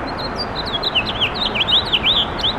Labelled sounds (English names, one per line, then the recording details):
House Finch song
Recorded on Long Island, New York, on 7 June 2012
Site SU
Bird B